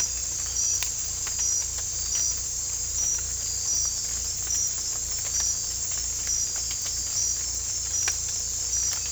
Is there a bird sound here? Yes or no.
no